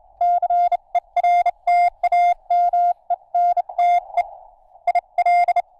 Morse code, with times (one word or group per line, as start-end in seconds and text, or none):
0.2-4.2 CERTAMENTE
4.9-5.6 IL